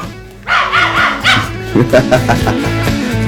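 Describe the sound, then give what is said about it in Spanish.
A small dog lets out a run of quick, high-pitched yappy barks mixed with whiny yips, with voices murmuring underneath throughout. “¿Y el perrito? ¿No vino? Sí, lo traje acá, a ver.”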